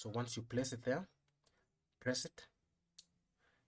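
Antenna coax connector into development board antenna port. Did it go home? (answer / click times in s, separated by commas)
yes / 3.0 s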